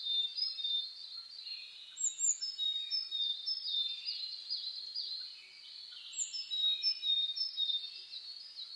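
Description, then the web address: Birds: bird chorus of thin high whistles and chirps overlapping continuously, with occasional sharper, higher notes standing out above the rest. Dawn chorus (reimei) of birdsong (saezuri), recorded 10 May 2010 at 04:01 with a DH-D50 recorder. "reimei DH-D 50-saezuri-20100510"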